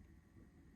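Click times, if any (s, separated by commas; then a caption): none. An insulin pump tubing connector is handled at the infusion set base on a child's body, ready to clip onto the site. Only a steady low rumble with faint background noise is heard, with no sharp transients. Nothing has seated or clicked yet.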